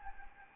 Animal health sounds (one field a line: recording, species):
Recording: mosquito wingbeat signal from an infrared sensor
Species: Anopheles gambiae